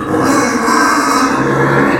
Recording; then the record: squeal of a Yucatan mini pig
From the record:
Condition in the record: after surgery on the right vocal fold (resection and tissue-engineered implant); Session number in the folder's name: 4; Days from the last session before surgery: 26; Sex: female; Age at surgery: 19 weeks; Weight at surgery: 25 kg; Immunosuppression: prednisolone